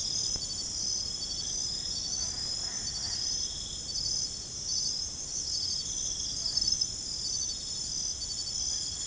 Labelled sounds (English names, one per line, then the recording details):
none
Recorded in secondary vegetation near Puerto Asís, Putumayo, Colombia, on 21 December 2024 at 22:30
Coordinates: 0.468, -76.324
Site G095